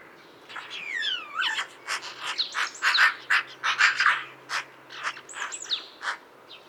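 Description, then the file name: Magpie giving harsh, rasping chatter in uneven bursts, mixed with a few thin descending whistled notes. "Pica pica"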